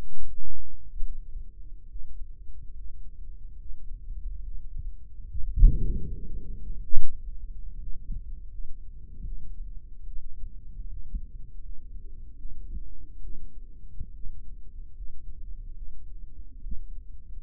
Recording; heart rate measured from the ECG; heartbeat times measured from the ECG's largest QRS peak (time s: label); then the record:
heart sounds by microphone in the right ear; 73 bpm
0.14 s: heartbeat
1.01 s: heartbeat
1.87 s: heartbeat
2.72 s: heartbeat
3.56 s: heartbeat
4.41 s: heartbeat
5.25 s: heartbeat
6.11 s: heartbeat
6.97 s: heartbeat
7.77 s: heartbeat
8.49 s: heartbeat
9.24 s: heartbeat
10.07 s: heartbeat
10.87 s: heartbeat
11.61 s: heartbeat
12.36 s: heartbeat
13.21 s: heartbeat
14.12 s: heartbeat
14.93 s: heartbeat
15.74 s: heartbeat
16.62 s: heartbeat
From the record:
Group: healthy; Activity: Valsalva maneuver 0-8 s, rest 8-18 s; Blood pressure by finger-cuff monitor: 116/63 mmHg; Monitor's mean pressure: 80 mmHg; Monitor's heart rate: 71 bpm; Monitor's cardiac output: 6.6 L/min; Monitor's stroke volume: 93 mL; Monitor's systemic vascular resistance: 860 dyn s/cm5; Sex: female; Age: 22 years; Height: 160 cm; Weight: 63 kg